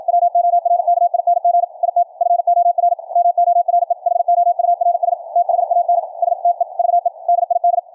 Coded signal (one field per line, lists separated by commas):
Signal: Morse code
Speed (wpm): 53 wpm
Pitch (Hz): 700 Hz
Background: radio noise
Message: WORKING IT FOR MORE HOURS THAN STEVE DID